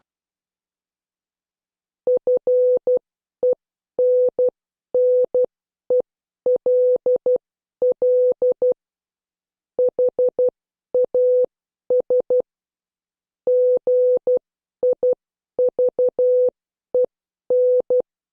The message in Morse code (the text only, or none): FENNELL HAS GIVEN